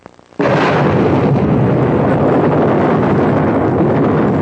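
sound effect, explosion

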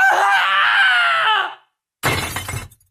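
human body sound, man screaming in terror

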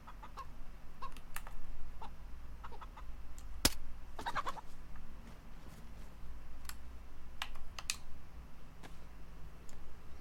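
bird, chicken clucking

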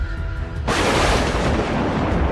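nature, thunderclap

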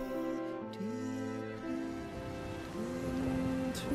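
nature, rain falling

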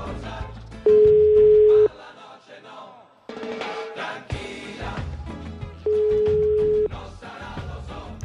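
signal or alarm, telephone ringing

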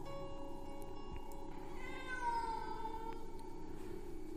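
animal, cat yowling eerily

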